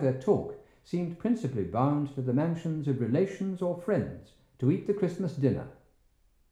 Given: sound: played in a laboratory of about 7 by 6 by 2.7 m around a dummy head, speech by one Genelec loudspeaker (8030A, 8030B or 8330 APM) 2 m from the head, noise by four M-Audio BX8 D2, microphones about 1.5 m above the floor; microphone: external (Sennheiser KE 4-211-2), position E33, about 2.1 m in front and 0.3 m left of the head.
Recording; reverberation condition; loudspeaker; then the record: male speech in English; medium; in front (0 degrees)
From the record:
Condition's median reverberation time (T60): about 510 ms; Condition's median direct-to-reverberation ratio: about -0.5 dB